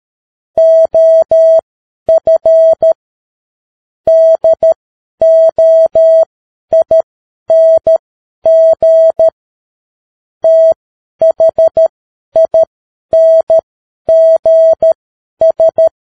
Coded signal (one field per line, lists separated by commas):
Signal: Morse code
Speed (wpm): 13 wpm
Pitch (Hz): 650 Hz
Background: none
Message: OF DOING THINGS